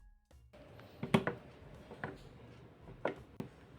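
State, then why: Not seated. The plastic upper stand (neck) of an LG 24MR400 24-inch IPS monitor is being handled and lined up with its base stand, to be pressed down until it snaps in. Short, sharp handling knocks come at about 1.1, 1.3, 2.0 and 3.1 seconds. Nothing has seated or clicked yet.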